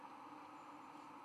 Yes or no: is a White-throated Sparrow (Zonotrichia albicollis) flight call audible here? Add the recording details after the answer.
no. No flight call is heard. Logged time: 23:51 on 4 November 2014